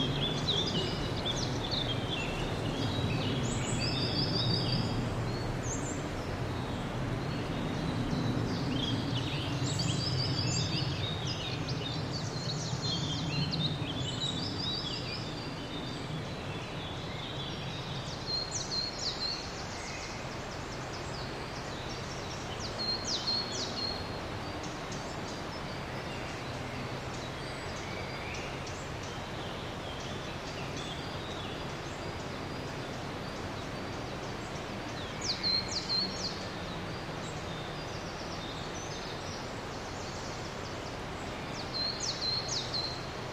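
An outdoor soundwalk with a steady low rumble of traffic or machinery under everything, heavier in the first fifteen seconds. Birds chirp and call throughout, with brief bright bursts around 4, 10, 19, 36 and 42 seconds.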